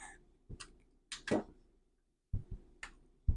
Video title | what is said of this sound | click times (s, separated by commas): Transform and Roll Out - LEGO Bumblebee - Build and Reivew | and again you're going to push it in until you hear a little click | 1.1 s, 2.8 s